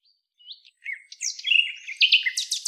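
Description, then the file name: Common nightingale in a short burst of song, quick slurred whistles building to loud, sharp, varied notes. "Luscinia megarhynchos"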